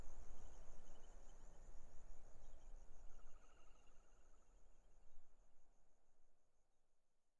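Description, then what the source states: Grasshopper giving a high, finely pulsed buzz as wind noise eases and fades; faint trilling bird notes in the middle. Grasshoppers stridulating on a lukewarm autumn afternoon, 6 May 2015, arid Barrier Ranges near Broken Hill, Australian outback; wind in desert she-oaks, sparse bird song.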